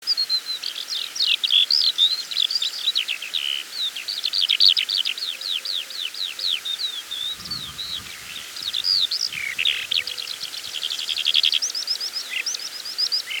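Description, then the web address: Eurasian skylark song, a rapid, continuous stream of high chirps, trills and buzzy notes, pouring on without pause. "songs alauda arvensis call"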